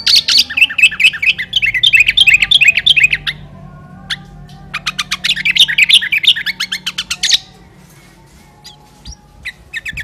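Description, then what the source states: Sooty-headed bulbul song: two long bursts of rapid, evenly repeated chirping notes separated by a pause, followed by sparse single clicks. Kutilang; a 'master' recording in the 'sangar' style with a 'halilintar' voice.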